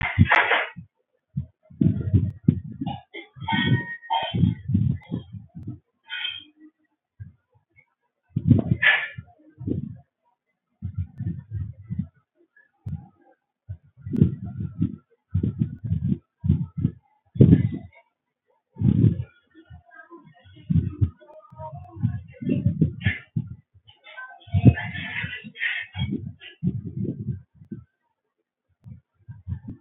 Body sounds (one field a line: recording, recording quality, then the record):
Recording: deep breathing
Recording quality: poor, much background noise or distortion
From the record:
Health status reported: healthy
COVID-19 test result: not tested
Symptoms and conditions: none ticked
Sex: male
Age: 25 years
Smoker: not ticked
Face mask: not worn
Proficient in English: yes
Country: India